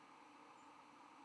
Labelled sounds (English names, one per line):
White-throated Sparrow flight call